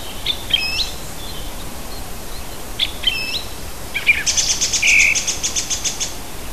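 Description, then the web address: Birds singing with scattered short whistled notes and chirps, then a fast buzzy trill of repeated high notes, over a steady background hiss. Native hedge birds, recorded in June. "oeko hecke vogel juni"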